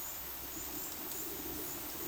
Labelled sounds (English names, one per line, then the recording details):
none
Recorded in dense forest near Puerto Asís, Putumayo, Colombia, on 20 February 2024 at 12:30
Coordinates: 0.502, -76.326
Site G6460